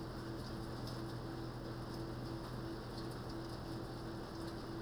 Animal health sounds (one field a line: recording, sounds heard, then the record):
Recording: poultry house recording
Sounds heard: no chicken sound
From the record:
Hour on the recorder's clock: 21